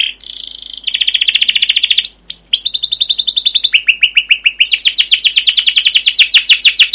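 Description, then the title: Canary singing a long rolling song, rapid buzzy trills shifting into fast repeated down-slurred notes that grow louder toward the end. Long continuous rolling canary song with 'cuit cuit' chirps, in the 'masteran' style used as a lure recording to stimulate other canaries to sing. "CUIT CUIT NGEROL LANGSUNG GACOR PANJANG Kenari Utk Pancingan KENAR. Masteran Suara Burung Kenari Gacor Panjang cuit cuit Ngerol untuk Pancingan Kenari!"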